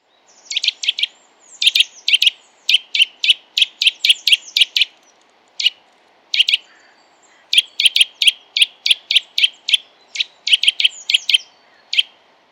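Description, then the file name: Eurasian nuthatch calls: sharp, high, ringing notes in quick runs, with brief pauses between runs. "Sitta europaea"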